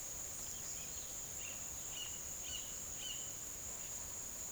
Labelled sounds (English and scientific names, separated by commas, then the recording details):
Roadside Hawk (Rupornis magnirostris)
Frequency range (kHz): Roadside Hawk (Rupornis magnirostris) 1.3-7.0 kHz
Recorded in secondary vegetation near Puerto Asís, Putumayo, Colombia, on 22 June 2025 at 14:30
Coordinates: 0.489, -76.322
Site G021